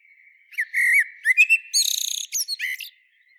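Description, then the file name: Common blackbird phrase: slurred whistled notes followed by a rapid, high, squeaky twitter, with a thin steady tone running underneath. "Turdus merula"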